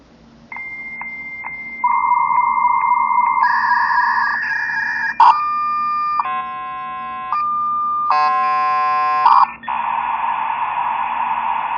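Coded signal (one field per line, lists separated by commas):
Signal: dial-up modem handshake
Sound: answer tone with clicks, warbling data, chords of probe tones, then steady rushing hiss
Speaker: Now some modems it it does it sounds better on some parts of the modem sound.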